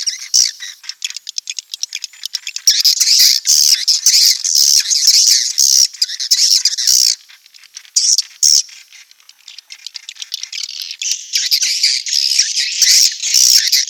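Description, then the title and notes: Swiftlet calls: loud bursts of high, harsh twittering and chattering, broken by a short quieter pause midway before resuming. Asia; recording used in swiftlet farming to attract birds. "Swiflet Bird Sound. Farming Swiflet Bird asia sound"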